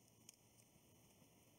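A black-wire crimp pin on a backplane power cable, its locking tabs bent out, is pushed into the yellow-wire position of a plastic connector housing. A short, sharp click is heard at 0.3 s over a steady low hiss. The pin latches and is seated.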